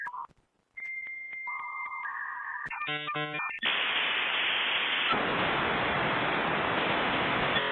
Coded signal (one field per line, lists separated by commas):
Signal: dial-up modem handshake